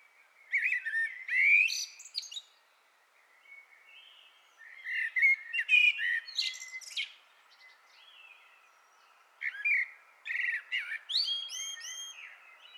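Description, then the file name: Common blackbird song in three separate bursts, each a low fluty warble running into sharp, high-pitched chattering flourishes, with brief pauses between phrases. "Turdus merula"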